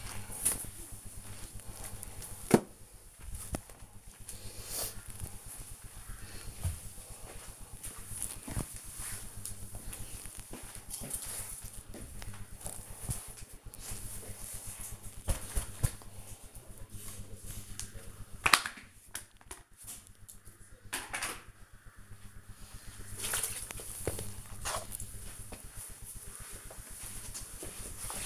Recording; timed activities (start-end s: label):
household activities, microphone on the right wrist
0.00-16.46 s: floor cleaning